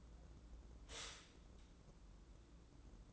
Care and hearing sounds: daily activity, microphone in the room; stop toaster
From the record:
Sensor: 3

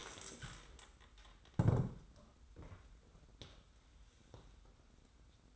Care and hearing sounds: daily activity, microphone in the room; stand up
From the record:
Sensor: 3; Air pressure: 990.4 hPa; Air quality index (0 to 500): 169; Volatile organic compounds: 1000 ppm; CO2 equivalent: 5450 ppm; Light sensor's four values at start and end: 46/107/44/42 and 46/107/44/42

